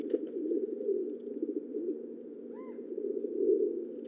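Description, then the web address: Steady low pigeon cooing, with a single soft arched whistle from another bird midway. "sound Columbidae"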